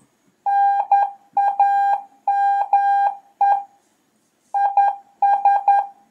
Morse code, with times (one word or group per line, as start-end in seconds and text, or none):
0.5-3.6 NAME
4.6-5.8 IS